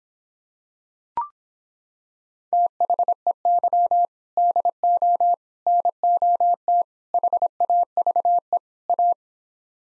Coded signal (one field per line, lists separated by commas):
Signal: Morse code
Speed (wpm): 26 wpm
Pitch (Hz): 700 Hz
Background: none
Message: THEY DO NOT HAVE A